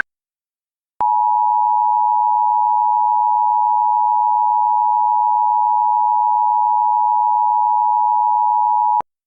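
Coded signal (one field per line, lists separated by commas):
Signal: Emergency Alert System (SAME) tones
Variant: 853 and 960 Hz attention tone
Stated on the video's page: Fictional tsunami and earthquake alert scenario for the Oregon coast.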